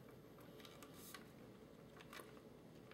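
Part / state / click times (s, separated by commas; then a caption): battery connector into the gun's wiring connector / not seated / none. A battery connector is pushed against the wiring connector inside a CYMA CM.028 metal AK47 airsoft rifle, plastic to plastic, square matched to square and round to round. Only faint, short plastic scrapes and taps are heard over a low steady background. The connector halves have not joined, and nothing has seated or clicked yet.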